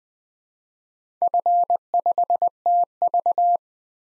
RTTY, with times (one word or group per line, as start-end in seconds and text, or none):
none